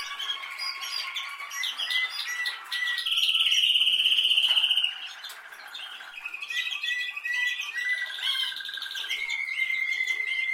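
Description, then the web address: Canary singing varied tours: short chirped phrases, then a loud, fast rolling trill lasting about two seconds, followed by more changing trills and whistles. "Canari Seda Canari"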